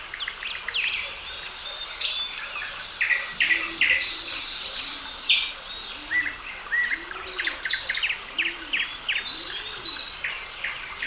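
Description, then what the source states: Birds in full song, with bright chirps and trills crowding the air. A low hollow coo repeats from a few seconds in. Calm birdsong.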